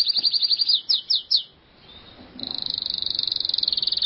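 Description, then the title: Canary song: a few sweeping buzzy notes, a brief pause, then a long, rapid, even trill held to the end. "Kenari"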